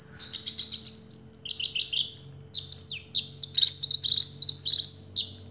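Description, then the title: Orange-headed thrush song: rapid high warbling with sharp slurred whistles running almost without break, a faint low hum behind. Recording used to prompt a silent (stuck) bird to sing. "Anis Merah Macet.. Pancing Dengan Suara Ini.. 100 Ampuh. # Anis Merah"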